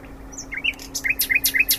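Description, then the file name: Common nightingale song: a quick varied phrase of slurred chirps and sharp high notes, then a rapid repeated sequence, over a low hum. "Luscinia megarhynchos"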